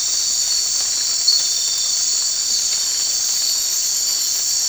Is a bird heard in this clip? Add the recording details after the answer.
no. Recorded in dense forest near Puerto Asís, Putumayo, Colombia, on 19 March 2025 at 22:30. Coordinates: 0.485, -76.318. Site G056